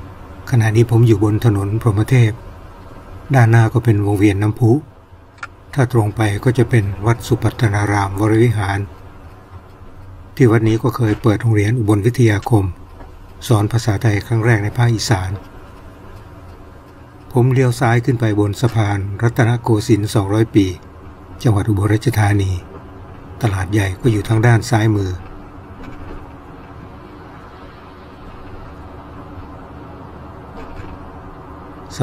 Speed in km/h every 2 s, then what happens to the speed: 22, 19, 19, 23, 24, 21, 18, 17, 22, 28, 33, 37, 42, 43, 46, 49.
0-8 steady at about 22. 8-14 slows to 17. 14-32 speeds up to 49.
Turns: 11-18.